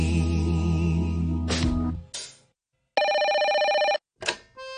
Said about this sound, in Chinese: 起身啦，白元浩打俾你。 随住电话声嘅响起，又系白元浩打俾你。